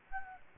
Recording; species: mosquito wingbeat signal from an infrared sensor; Anopheles gambiae